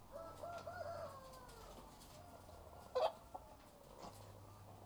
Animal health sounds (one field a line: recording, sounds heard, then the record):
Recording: poultry house recording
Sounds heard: sick chickens (respiratory disease)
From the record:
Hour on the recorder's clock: 12